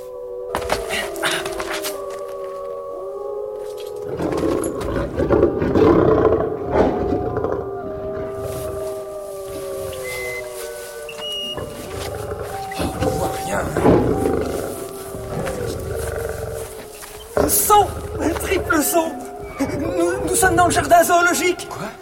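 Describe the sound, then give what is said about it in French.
An escaped elephant trumpets and roars in a long series of loud, brassy, wavering calls that rise and fall in pitch, with deeper rumbling roars between them and no pause in the din. “Et qui passait par ici ? Et qui ? Et qui ? L'éléphant !”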